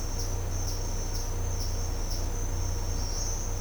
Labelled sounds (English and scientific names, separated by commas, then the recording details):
none
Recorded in dense forest near Puerto Asís, Putumayo, Colombia, on 22 December 2024 at 07:30
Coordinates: 0.503, -76.323
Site G043